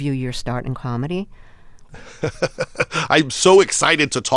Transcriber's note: laughter